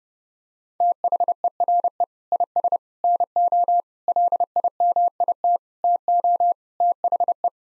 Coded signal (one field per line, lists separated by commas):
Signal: Morse code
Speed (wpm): 28 wpm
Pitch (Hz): 700 Hz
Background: none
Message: THERE IS NO LIMIT TO THE